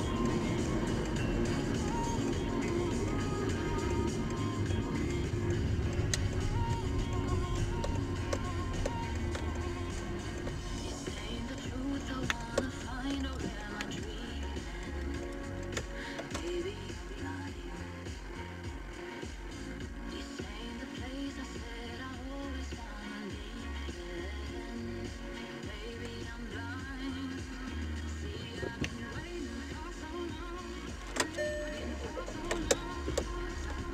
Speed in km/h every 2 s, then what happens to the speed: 50, 45, 21, 14, 12, 7, 2, 0, 0, 0, 0, 0, 0, 0, 0, 0, 0.
0-12 brakes to 2. 12-34 standing.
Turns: none.